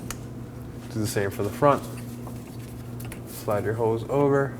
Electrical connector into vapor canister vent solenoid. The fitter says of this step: and make sure it clicks.